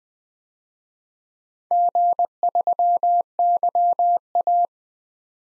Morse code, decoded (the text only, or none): G3YA